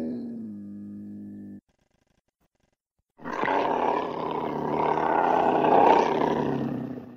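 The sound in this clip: Cougar yowl: a steady, low, tonal moan cuts off, and after a short silence a loud, rough, strained roar builds and holds for about four seconds.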